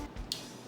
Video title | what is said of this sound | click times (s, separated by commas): Unboxing & Installing the Magura Gustav Pro Brakes | Insert the easylink connector into the master cylinder and push it all the way in until you hear it click. Nice. It clicked into place. | 0.3 s